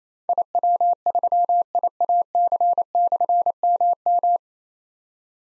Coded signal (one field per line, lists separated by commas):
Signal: Morse code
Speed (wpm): 28 wpm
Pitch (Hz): 700 Hz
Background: none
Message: IW3IAC/MM